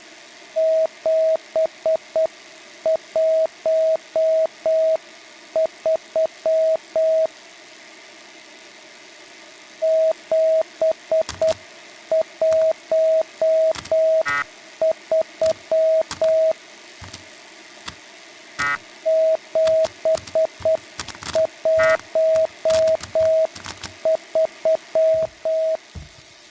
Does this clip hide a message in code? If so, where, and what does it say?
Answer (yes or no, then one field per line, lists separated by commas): yes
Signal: Morse code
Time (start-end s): 0.6-25.8 s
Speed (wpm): 8 wpm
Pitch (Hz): 640 Hz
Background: none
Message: 713 713 713